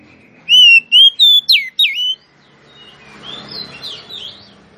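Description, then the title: Oriental magpie-robin gives a loud whistled phrase of five notes, rising then swooping down, followed by softer jumbled chattering notes and background hiss. Female Oriental magpie-robin song, used to lure a male that has stopped singing into singing and fighting within minutes. "KACER NGOTOT FULL TEMBAKAN. Suara kacer betinamemancing kacer jantan yg macet bunyi"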